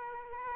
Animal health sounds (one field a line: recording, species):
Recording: mosquito wingbeat signal from an infrared sensor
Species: Aedes aegypti